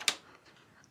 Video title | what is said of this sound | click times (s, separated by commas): 🌴 Full Review & 🎵 Sound Test Harbinger MLS1000 Portable Line Array / Column Array Speaker | clicks in place that is done | 0.1 s